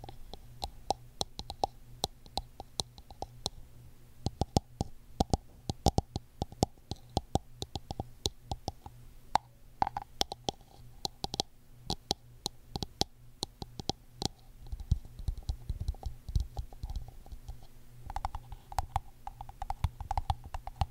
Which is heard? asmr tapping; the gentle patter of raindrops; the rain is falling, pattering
asmr tapping